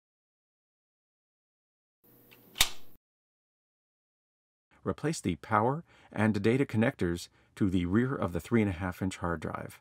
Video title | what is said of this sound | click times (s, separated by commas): Removing & replacing parts for HP ProDesk 600 G3 Microtower PC - HP Computer Service | until its green release latch snaps into place. | 2.3 s, 2.6 s